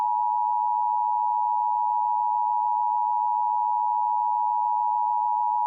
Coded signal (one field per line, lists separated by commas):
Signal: Emergency Alert System (SAME) tones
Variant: 853 and 960 Hz attention tone